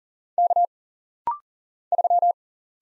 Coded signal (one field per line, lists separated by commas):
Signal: Morse code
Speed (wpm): 40 wpm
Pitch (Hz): 700 Hz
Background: none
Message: K 3